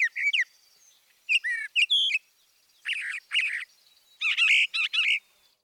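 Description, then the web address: Northern mockingbird giving several short, varied high phrases separated by pauses. Mimicry in the song of the Northern mockingbird, from a birding-by-ear guide to eastern and central North America. "Birding by Ear, Eastern and Central North America - Peterson Guides 2009 Mimics Northern Mockingbird"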